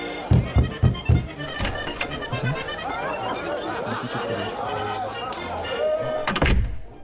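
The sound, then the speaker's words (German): A few heavy knocks and clunks as a door marked "private" is opened, then a murmur of indistinct voices, ending in a loud slam as it shuts. “Die Tür da hinten, wo privat drauf steht.”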